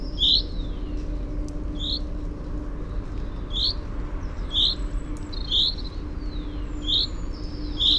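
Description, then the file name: Common chaffinch giving short, sharp calls about once a second over a steady low hum. "Fringilla coelebs"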